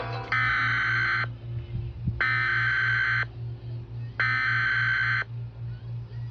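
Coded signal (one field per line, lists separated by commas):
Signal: Emergency Alert System (SAME) tones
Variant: header bursts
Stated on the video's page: EAS alerts played on a Nintendo Switch; not actual emergencies.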